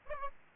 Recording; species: mosquito wingbeat signal from an infrared sensor; Aedes albopictus